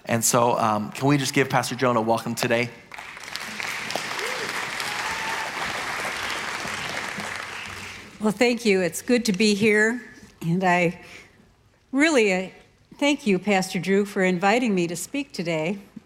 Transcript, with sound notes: And so can we just give Pastor Joan a welcome today? (Audience Applauding) Well, thank you. It's good to be here. And I really thank you, Pastor Drew, for inviting me to speak today.